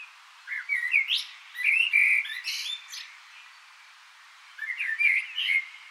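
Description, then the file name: Common blackbird song: two fluted, melodious phrases, each broken up by thin, high squeaky notes, with a short gap between them. "Turdus merula"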